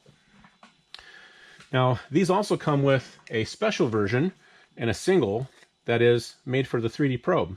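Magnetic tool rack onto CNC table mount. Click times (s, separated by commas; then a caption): 0.9 s. A magnetically mounted CNC tool-changer rack, removed to reach the spindle oil port, is placed back onto the table and snaps onto its magnets with a sharp click at 0.9 s, seating in place. A faint tap comes just before, and then someone talks for the rest of the clip.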